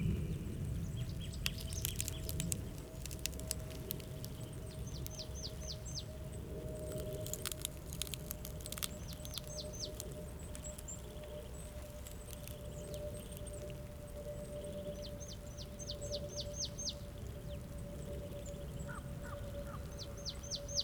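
Jura lake ice cracks in sharp clicking bursts and repeated high chirping runs, over a steady droning tone and low rumble.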